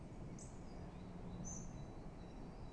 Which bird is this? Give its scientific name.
Parus major